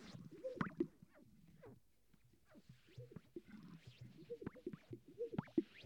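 Sage-grouse display sounds, with hollow popping notes and short swishing sweeps in irregular bursts, quieter in the middle and busier toward the end.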